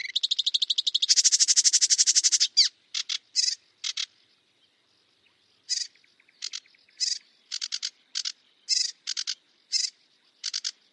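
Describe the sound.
Bird gives high buzzy trills and rapid chattering notes, then a series of short separate bursts, clean background.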